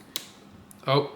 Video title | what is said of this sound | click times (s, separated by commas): POV - A NOOB Installs His PSU And HDD | I heard a click | 0.2 s